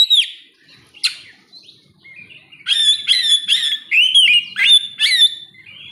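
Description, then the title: Oriental magpie-robin song: a few isolated notes, then a rapid series of strong, rich whistled and scratchy phrases. "kacer"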